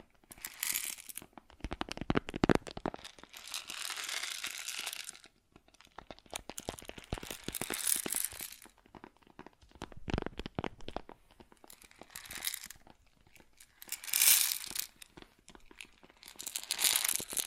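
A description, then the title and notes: Grain sounds: dry, rustling pours and crunchy crackles come in bursts, with dense hissy stretches around 3–5, 8, 12 and 14–15 seconds. Between them, sharp ticks and quieter gaps alternate irregularly, and the texture stays bright and papery throughout. ASMR Grain Sounds (No Talking).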